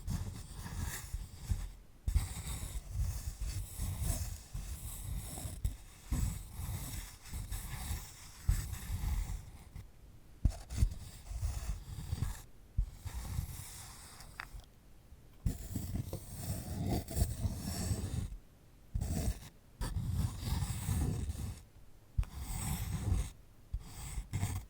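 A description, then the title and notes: Handling a sunflower head makes a dense run of scratchy, crackling rustles with a low rumbling underneath. The scraping comes in bursts of a second or two, broken by brief silent gaps near 2, 10, 15, 18 and 22 seconds. ASMR of a Sunflower Head (No Talking).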